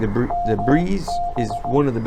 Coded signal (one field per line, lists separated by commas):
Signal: Morse code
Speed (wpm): 17 wpm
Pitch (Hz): 700 Hz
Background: speech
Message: MB